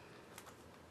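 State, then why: Not seated. A plastic fidget spinner is pressed against its plastic adhesive stick-on base on a phone case, giving a brief faint tap at about 0.4 s over a low steady background. The spinner does not snap in, and nothing has seated or clicked yet.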